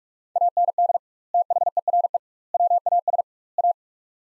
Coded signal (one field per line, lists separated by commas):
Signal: Morse code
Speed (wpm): 46 wpm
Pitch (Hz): 700 Hz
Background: none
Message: AND THERE WAS A